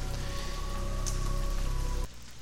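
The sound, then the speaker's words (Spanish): Heavy rain pours down outside in a steady, dense hiss with soft background music humming beneath, then the downpour cuts off abruptly near the end. “Y como ustedes alcanzan a escuchar, a lo mejor debajo del fondo que ponemos siempre de música, ustedes van a alcanzar a oír que se está cayendo el cielo allá afuera.”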